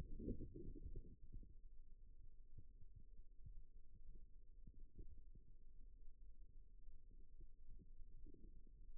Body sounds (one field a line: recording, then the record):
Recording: forearm muscle sounds (acoustic myography)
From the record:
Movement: rest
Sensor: system 2, bracelet of six BSWA MPA416 microphones around the upper forearm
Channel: 1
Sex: male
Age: 22 years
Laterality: right